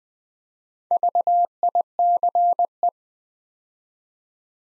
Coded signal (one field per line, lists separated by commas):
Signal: Morse code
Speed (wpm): 20 wpm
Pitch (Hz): 700 Hz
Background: none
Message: VICE